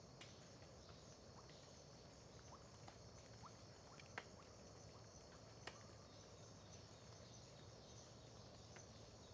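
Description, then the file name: Crickets keep up an unbroken high trill, with occasional faint short notes, a couple of louder clicks and steady low rumble. Dawn ambience in Terra Ronca park near the road, with dripping water also present; AB stereo recording. "Ambiencia parque terra ronca perto da estrada amanhecer com bacurau, gotejar, grilos"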